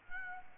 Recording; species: mosquito wingbeat signal from an infrared sensor; Aedes albopictus